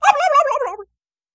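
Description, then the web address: Turkey gobbling, a single rapid warbling burst of gurgling notes lasting under a second, ending abruptly in silence. Domestic barnyard turkey. "animals barnyard|turkey"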